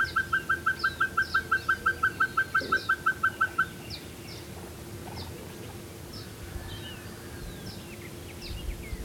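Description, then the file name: Pacific pygmy owl giving a rapid series of many even, mellow whistled toots, then falling silent; other birds chirp faintly in the background. "Glaucidium peruanum - Pacific Pygmy Owl"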